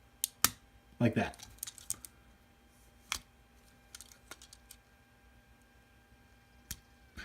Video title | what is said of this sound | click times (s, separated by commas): Review: MiniPla VS Vehicle Gattai Series 01: LupinKaiser (Lupinranger vs. Patranger) | make sure you pull the legs out all the way till you hear it click like that | 0.2 s, 0.4 s